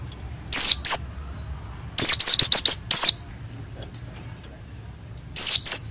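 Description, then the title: White-eye singing high, piercing whistled notes in short bursts, including a rapid rolling run of wavering notes in the middle. Songbird being readied for singing contests; dakun type from East Java; described as singing a lot, with rolling song and wild-sounding voice; a prospective champion. "burung pleci dakun jatim joss edan ngalas ngerol gacor calon juara(milik om doddy cikarang)"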